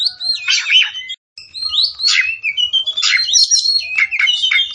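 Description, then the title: Oriental magpie-robin delivering rich, jumbled song with rising and falling whistled notes and scratchy bursts, broken by one brief pause. Tretes; singing vigorously, described as gacor. "Kacer Tretes"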